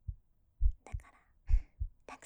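Soft, regular low thumps in lub-dub pairs at about 65–70 beats a minute, with faint rustling or breathy noise between some beats. This is an ordinary, steady adult heartbeat with no extra sounds, heard close-up.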